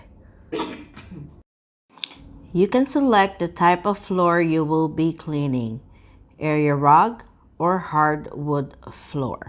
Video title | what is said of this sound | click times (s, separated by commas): Bissell Crosswave Pet Pro Unboxing, Demo & Review | the handle at the top of the body of the machine until you hear a click | 2.0 s